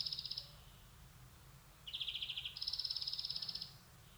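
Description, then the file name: European greenfinch uttering fast dry twittering trills, two short bursts then a longer run of quick repeated notes lasting about a second, over low background noise. "Chloris chloris"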